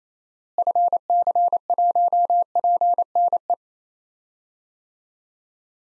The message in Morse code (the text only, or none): FC1PNE